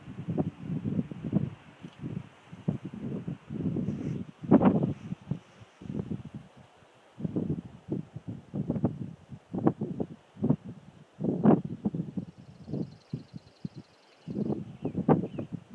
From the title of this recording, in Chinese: 信号山丛林的风声和鸟叫